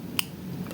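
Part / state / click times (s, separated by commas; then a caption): pin stack in a pin-tumbler lock cylinder / seated / 0.2 s. A hook pick pushes up the next smooth-feeling pin stack in a pin-tumbler lock cylinder until it sets, giving a sharp little click at 0.2 s over a quiet background. A second short tick follows near the end. The pin is seated.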